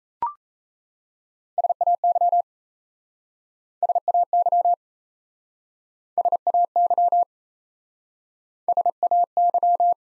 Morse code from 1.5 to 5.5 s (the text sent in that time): SAY SAY